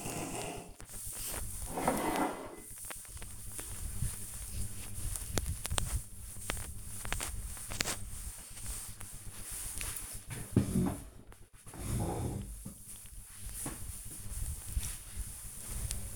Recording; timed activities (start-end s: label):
household activities, microphone on the right wrist
0.00-16.16 s: cleaning table